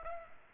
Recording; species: mosquito wingbeat signal from an infrared sensor; Culex pipiens